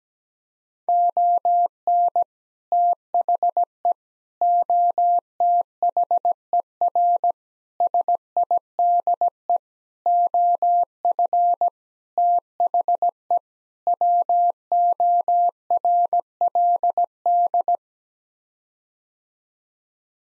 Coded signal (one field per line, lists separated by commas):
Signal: Morse code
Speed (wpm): 17 wpm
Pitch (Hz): 700 Hz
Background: none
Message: ON THE OTHER SIDE OF THE WORLD